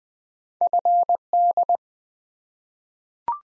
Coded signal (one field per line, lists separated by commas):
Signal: Morse code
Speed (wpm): 20 wpm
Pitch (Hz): 700 Hz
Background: none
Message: FD